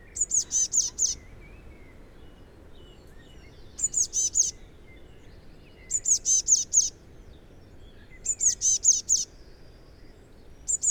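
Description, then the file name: Eurasian blue tit calling: short bursts of several very high, thin notes, repeated every two seconds or so, with faint low background noise. "Cyanistes caeruleus"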